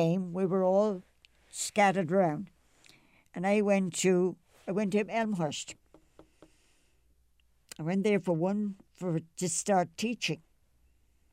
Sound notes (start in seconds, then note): none